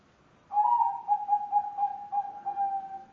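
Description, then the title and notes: Spotted dove giving a single long, level coo that pulses in soft beats for about two and a half seconds. Spotted dove call used as a lure for trapping. "Pikat Burung Tekukur Paling Ampuh. Kumpulan suara burung tekukur paling ampuh"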